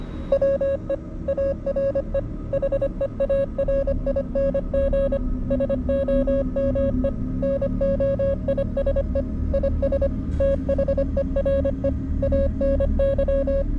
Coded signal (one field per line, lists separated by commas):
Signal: Morse code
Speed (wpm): 25 wpm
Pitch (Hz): 550 Hz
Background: music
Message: WE ARE HEARING SOME NOISE IS THERE ANY